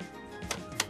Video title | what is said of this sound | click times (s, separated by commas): Imprimante Ticket matricielle CD S500 CITIZEN | maintain a light tension on the copy roll paper and close the platen firmly until you hear a click | 0.5 s, 0.8 s